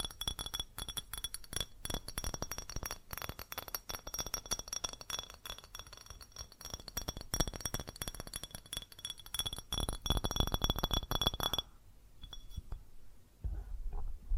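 Fast tapping on glass and ceramic objects, a dense stream of bright clinks and ringing tones that runs almost without pause. The taps grow louder and thicker near ten seconds, then stop abruptly around twelve seconds, leaving a few scattered knocks and rattles.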